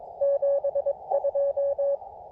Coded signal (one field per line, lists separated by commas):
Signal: Morse code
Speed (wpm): 21 wpm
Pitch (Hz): 590 Hz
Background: none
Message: 72